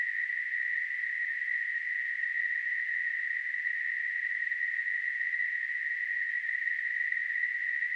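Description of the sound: Simulated tinnitus: a steady, unchanging narrowband hiss centred around 2 kHz, holding at a constant level throughout.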